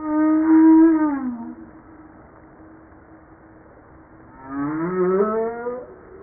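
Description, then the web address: Humpback whale song: a long harmonic moan falling near the end, a quiet pause, then a rising, upswept harmonic cry. Recorded 5 March 1994. "pub JASA 2013 Blue Bowhead Fin Humpback Southern Right Whale humpback-01 940305-0952"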